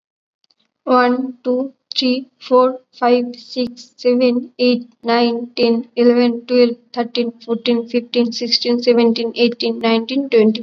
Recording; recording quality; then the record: counting at a normal pace; excellent, no background noise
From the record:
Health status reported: COVID-19 positive, no symptoms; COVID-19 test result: positive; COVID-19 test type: RT-PCR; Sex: female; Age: 18 years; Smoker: no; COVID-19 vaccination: both doses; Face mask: worn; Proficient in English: yes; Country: India